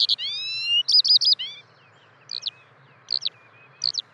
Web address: fugler sanglerke